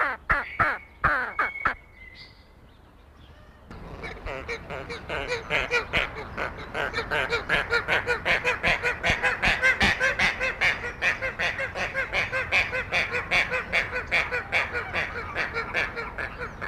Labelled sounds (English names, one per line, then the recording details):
Tasmanian Nativehen call
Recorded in captivity
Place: Zoo Köln, Nordrhein-Westfalen, DE
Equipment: Halbspur, 9,5 cm/s
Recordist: Lütgens, Hans
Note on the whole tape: Rufe